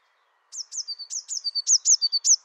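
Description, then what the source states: Eurasian blue tit: several high down-swept whistles linked by lower steady tones, growing louder toward the end. Recorded in the Dombes, France.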